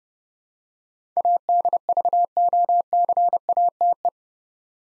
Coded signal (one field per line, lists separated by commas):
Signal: Morse code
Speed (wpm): 30 wpm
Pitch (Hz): 700 Hz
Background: none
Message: ADVOCATE